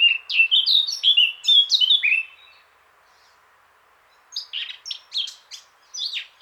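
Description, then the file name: Eurasian blackcap with a loud phrase of clear, falling flute-like whistles, then after a pause the scratchy opening notes of the next phrase. "Sylvia atricapilla"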